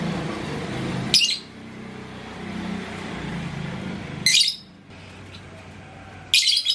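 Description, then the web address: Lovebird giving three short, shrill, harsh bursts of calling, spaced a few seconds apart, over a steady low rumbling background hum. "love-bird suara-lovebird-paud"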